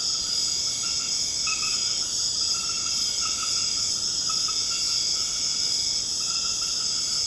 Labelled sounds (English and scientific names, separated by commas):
none